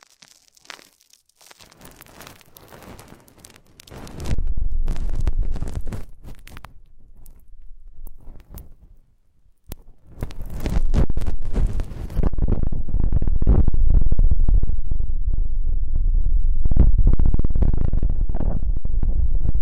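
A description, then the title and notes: Fingertips rub and tap right against a microphone. After a quiet, crackly opening, heavy muffled rubbing swells in around four seconds, eases off, then returns from about ten seconds as a dense, steady scratching rumble with scattered sharp clicks. Ultra-fine ear touch, immersive experience.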